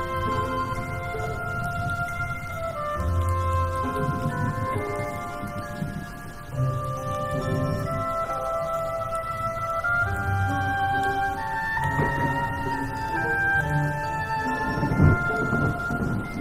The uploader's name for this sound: original sound tracks with rain